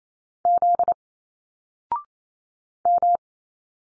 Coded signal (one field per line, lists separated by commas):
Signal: Morse code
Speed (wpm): 28 wpm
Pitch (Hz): 700 Hz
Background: none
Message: Z M